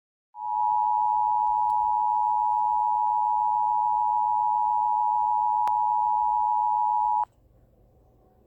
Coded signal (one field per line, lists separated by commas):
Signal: Emergency Alert System (SAME) tones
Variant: 853 and 960 Hz attention tone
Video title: EAS #179: LMK pulling a TOR out of their [Redacted]s- WDFA